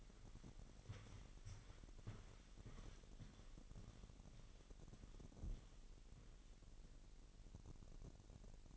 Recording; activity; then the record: daily activity, microphone in the room; walk to room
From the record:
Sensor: 4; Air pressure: 1013.1 hPa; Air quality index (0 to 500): 243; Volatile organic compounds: 4 ppm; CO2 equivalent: 1620 ppm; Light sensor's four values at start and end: 24/58/23/25 and 36/86/36/35